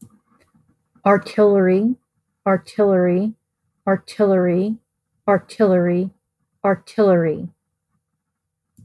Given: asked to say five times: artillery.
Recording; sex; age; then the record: repeated word; female; 40 to 49 years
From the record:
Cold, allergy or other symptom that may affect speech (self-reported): no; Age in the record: 40 years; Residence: United States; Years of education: 14